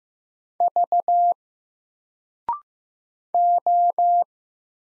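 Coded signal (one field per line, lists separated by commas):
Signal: Morse code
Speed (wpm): 15 wpm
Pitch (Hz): 700 Hz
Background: none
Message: V O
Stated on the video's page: Single letters sent at 15 wpm for instant character recognition practice, each letter sent in Morse, then spoken, then sent again.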